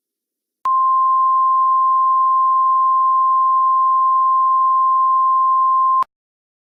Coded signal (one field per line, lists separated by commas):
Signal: Emergency Alert System (SAME) tones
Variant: 1050 Hz attention tone